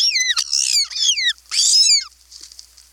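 Ivory Gull calls: a series of shrill, downslurred screeching notes, several in quick succession, then a longer harsh cry and a brief quiet spell.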